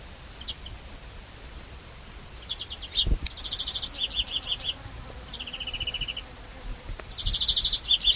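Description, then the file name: European greenfinch calls: rapid trilled bursts of chips and a slightly falling run of notes at irregular intervals, with a low thump. "Chloris chloris"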